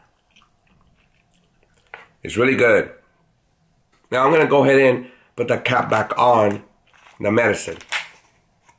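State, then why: Not seated. A plastic cap is being handled at the mouth of a liquid medicine bottle, with faint small clicks and taps under someone talking. Nothing has seated or clicked closed yet.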